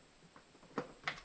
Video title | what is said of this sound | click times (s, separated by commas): Experience the next level of water purification with our latest innovation | That's locked into place. | 0.8 s, 1.1 s